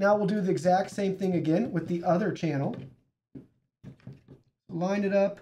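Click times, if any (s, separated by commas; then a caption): none. Someone talks while lining up the second RAM stick over the other channel's DIMM slot on an ASUS ROG Strix B550-I Gaming AMD motherboard, ready to press it home. Between the speech, a few faint handling taps are heard around 3.3 to 4.5 seconds. The module has not seated or clicked yet.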